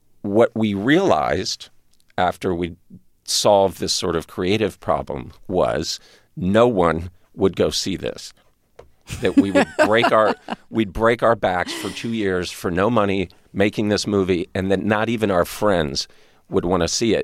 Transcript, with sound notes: what we realized after we solved this sort of creative problem was no one would go see this. (LAUGHTER) That we would break our - we'd break our backs for two years for no money making this movie and that not even our friends would want to see it.